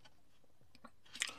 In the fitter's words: le plastique est plutôt pas mal en terme de qualité voyez alors ça se clipse donc ça c'est bien parce